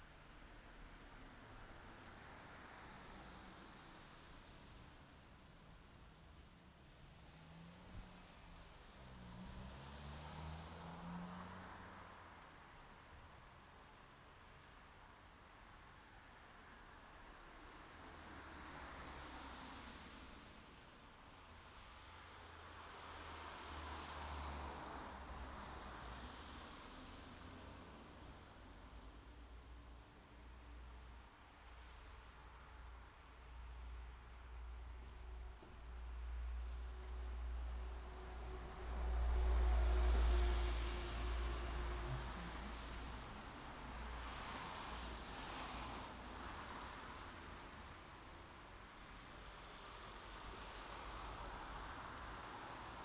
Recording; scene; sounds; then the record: everyday scene through a hearing-aid microphone; in traffic; traffic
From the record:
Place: city secondary road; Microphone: in the ear canal, left